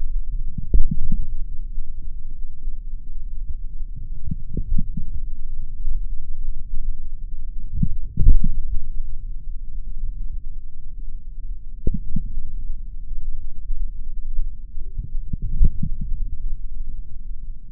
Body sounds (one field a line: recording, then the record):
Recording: forearm muscle sounds (acoustic myography)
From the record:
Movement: forearm supination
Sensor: system 3, bracelet of six PUI Audio POM-2738L microphones around the upper forearm, with dedicated amplification and filtering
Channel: 3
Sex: male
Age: 26 years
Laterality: right